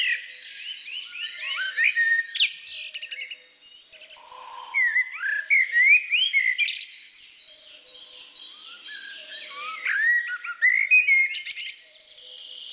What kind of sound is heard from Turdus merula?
song